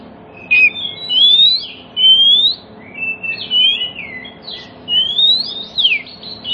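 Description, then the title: Oriental magpie-robin song of long, smooth rising whistles and slurred phrases, with a steeply falling note near the end. Song played as a lure to prompt other magpie-robins, including ones that have stopped singing, to answer and sing within about five minutes. "Cukup Hitungan Menit Kacer Lain Bisa Bunyi. CUKUP 5 Menit Kacer LAIN NYAUT JADI GACOR, PANCINGAN KACER MACET BUNYI"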